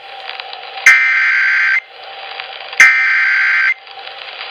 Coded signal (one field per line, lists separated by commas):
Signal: Emergency Alert System (SAME) tones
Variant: header bursts